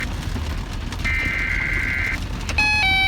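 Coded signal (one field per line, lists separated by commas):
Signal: Emergency Alert System (SAME) tones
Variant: header bursts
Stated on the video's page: Severe thunderstorm watch on weather radio station XLF339.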